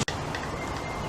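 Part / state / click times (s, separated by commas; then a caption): piston pin circlip into its groove in the piston / not seated / none. A wire circlip (gudgeon pin retaining clip) is pushed around its groove in the piston with a small screwdriver during a Kawasaki Z650 engine rebuild, to make sure it sits fully in the groove. A single sharp transient is heard at about 0.1 s, followed by a steady low background hum. Nothing has seated or clicked into place yet.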